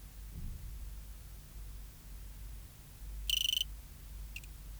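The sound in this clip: Cricket (Eugrylloides pipiens): cricket song: one short pulsed chirp of about a third of a second, high and buzzy, followed shortly after by a faint brief note; low steady hum underneath.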